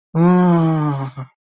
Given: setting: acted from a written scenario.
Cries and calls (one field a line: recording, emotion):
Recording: vocal sound without words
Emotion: desire